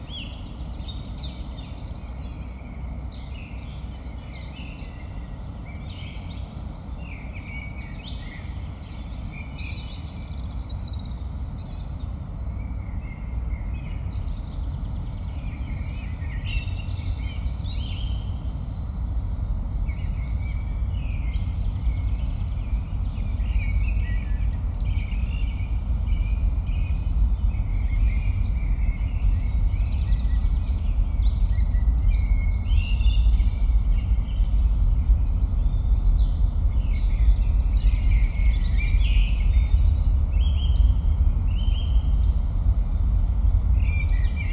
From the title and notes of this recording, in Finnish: Helsingin reitit - Keskusmetsä. Kenttä-äänittämiselle korona-aika tarjosi lentomeluttoman ympäristön. Binauraalisilla tekniikoilla äänitetty Keskusmetsä-teos.